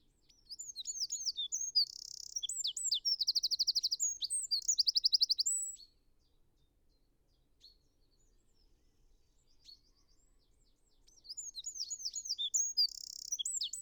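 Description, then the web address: Eurasian wren song: two bursts of high, rapid warbled notes and fast buzzy trills, the first lasting about five seconds, then a quiet gap before the second begins. "SETE Troglodytes troglodytes"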